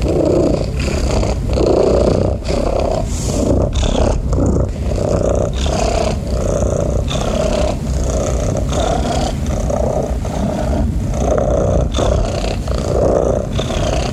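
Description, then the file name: Domestic cat purr: a continuous coarse rumble going on steadily throughout. "Cat Purring Sounds"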